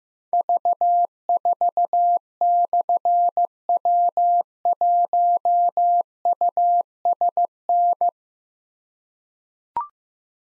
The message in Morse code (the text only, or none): V4/W1USN